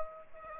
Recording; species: mosquito wingbeat signal from an infrared sensor; Aedes aegypti